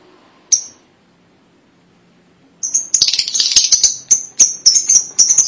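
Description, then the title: Lovebird calls: one sharp chirp, a silent spell, then rapid shrill chirps mixed with harsh chatter. "BM Suara Burung Lovebird"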